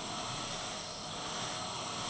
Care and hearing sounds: daily activity, microphone in the room; vacuum cleaning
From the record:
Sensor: 4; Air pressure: 1000.1 hPa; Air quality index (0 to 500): 232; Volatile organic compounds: 32 ppm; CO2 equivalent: 2992 ppm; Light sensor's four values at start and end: 9/21/8/8 and 9/21/8/8

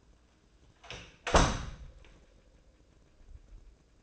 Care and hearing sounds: daily activity, microphone in the room; close door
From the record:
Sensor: 2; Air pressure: 1012.2 hPa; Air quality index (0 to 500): 158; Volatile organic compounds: 2 ppm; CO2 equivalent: 1158 ppm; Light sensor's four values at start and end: 404/1013/411/432 and 406/1016/413/434

